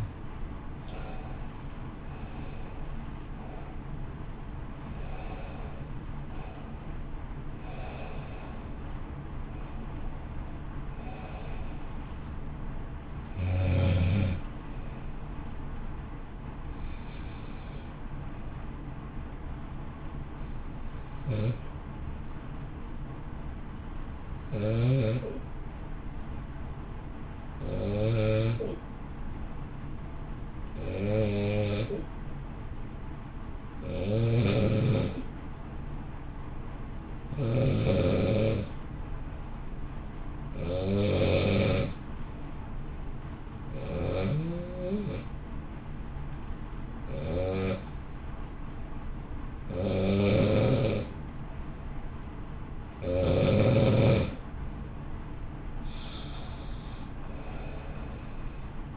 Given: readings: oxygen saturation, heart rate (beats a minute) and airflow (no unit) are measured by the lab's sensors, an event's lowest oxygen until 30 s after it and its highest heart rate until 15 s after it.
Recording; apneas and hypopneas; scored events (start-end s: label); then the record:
breathing in sleep by a smartphone at the bedside; 1
26.00-48.30 s: hypopnea (N1, oxygen 96% highest, then 90% lowest, heart rate 54 at the start, 60 highest)
From the record:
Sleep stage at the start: N1 (lightest sleep); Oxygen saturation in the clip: 87 to 96%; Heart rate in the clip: 52 to 64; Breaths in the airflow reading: 17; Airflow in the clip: -0.8 to 0.7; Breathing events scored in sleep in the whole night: 328 in 6.3 hours asleep